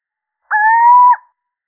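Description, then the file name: Little owl giving a single clear, nasal hoot that swells and rises slightly in pitch before ending abruptly; nothing else audible. Male. "Sycek obecny samec"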